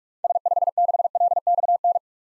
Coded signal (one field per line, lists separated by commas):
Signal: Morse code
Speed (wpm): 41 wpm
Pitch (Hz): 700 Hz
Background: none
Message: S56LXN